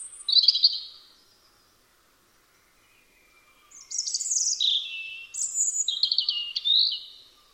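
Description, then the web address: European robin singing a brief silvery phrase, a pause of about three seconds, then a longer run of high, tumbling, liquid warbles and trills. "Deverinetal 2025 File origin Bird Only Er Ru"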